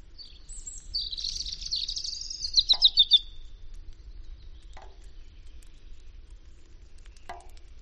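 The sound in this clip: European robin song: a high, tinkling warbled phrase that ends in a quick run of repeated notes, followed by silence broken by a few faint clicks.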